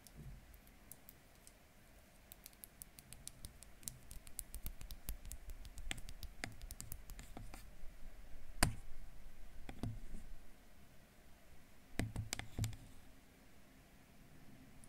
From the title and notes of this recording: ASMR Camera Tapping.